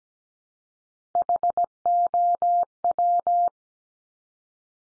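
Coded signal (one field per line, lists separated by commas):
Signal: Morse code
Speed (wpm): 17 wpm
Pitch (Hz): 700 Hz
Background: none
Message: HOW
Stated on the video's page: Morse practice drill of the 100 most common English words at 17 wpm, each sent three times, spoken, then sent again.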